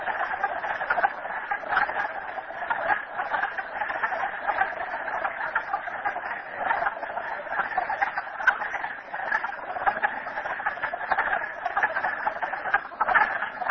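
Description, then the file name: Many frogs calling together, a thick, unbroken layer of chuckling croaks. Recorded at Merryspring. "frogs merryspring 42008"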